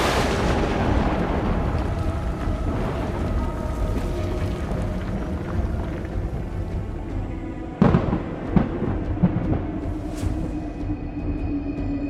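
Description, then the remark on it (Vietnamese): Deep, continuous rumbling fills the air like rolling thunder in a storm, with a few sharper cracks and booms breaking through partway along, and no voices. “gió từ đâu kéo về như giông bão, bầu trời ngưng động những đám mây xám xịt, sấm sét đi đùng lên từng chập, hòa vào trong chú ngữ của thầy Sáu như một bản hòa tấu từ cõi u minh vọng về.”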